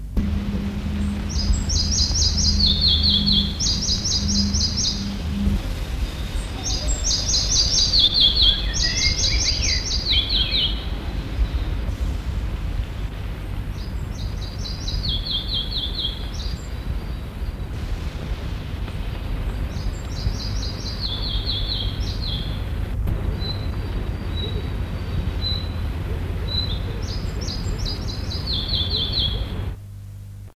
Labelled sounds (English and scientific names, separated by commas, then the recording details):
Red-breasted Flycatcher (Ficedula parva) song
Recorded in the wild
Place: Wienerwald, AT
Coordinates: 48.1156, 16.1022
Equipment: Halbspur, 9,5 cm/s
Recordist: Lütgens, Hans
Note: Gesang